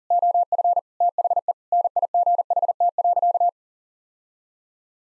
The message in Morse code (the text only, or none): OF THE NIGHT.